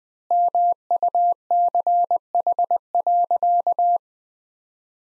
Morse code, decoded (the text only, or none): MUCH.